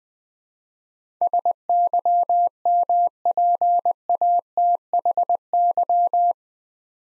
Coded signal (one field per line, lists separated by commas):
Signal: Morse code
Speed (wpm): 20 wpm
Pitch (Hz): 700 Hz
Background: none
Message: SYMPATHY